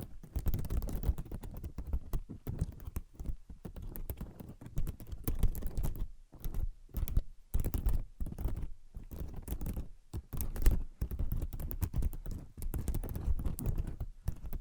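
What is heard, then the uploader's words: Rapid tapping fills the recording, a dense run of short, clicky strikes that reach from a low thump up into bright ticks. The pace stays busy but uneven, like fingers drumming in bursts, with brief silent gaps near 6, 7, 8.5 and 10 seconds. Brain Penetrating 3D Tapping.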